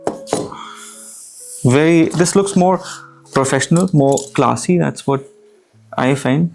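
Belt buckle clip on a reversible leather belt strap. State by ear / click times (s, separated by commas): seated / 0.1 s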